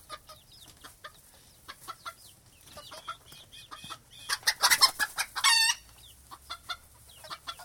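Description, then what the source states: Chickens clucking, a mix of soft irregular clucks and short calls, with one louder harsh squawk in the middle. In a chicken coop.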